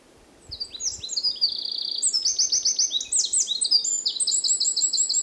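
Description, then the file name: Eurasian wren singing a fast, high-pitched burst of rattling trills and quick chirps for over four seconds, with a few faint low thumps at the start. "Troglodytes troglodytes"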